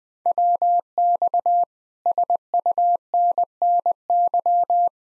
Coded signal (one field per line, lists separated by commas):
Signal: Morse code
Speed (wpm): 20 wpm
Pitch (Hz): 700 Hz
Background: none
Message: WX SUNNY